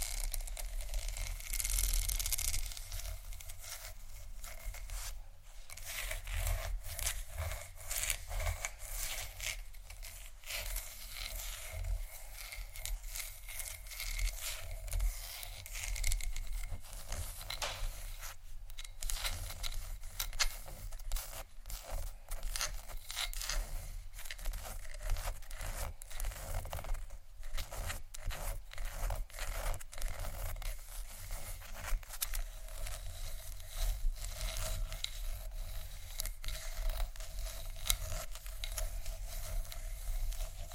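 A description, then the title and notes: Fingers scratch and tap on textured surfaces in a dense, continuous stream of crisp, papery scrapes and quick ticks. Bright rasping runs throughout with little pause, a louder flurry near the start, over a steady low rumble underneath. ASMR Scratch & Tap On Tingly Textures（No Talking）.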